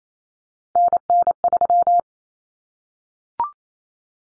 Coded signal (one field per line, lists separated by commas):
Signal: Morse code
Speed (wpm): 28 wpm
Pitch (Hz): 700 Hz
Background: none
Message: NN3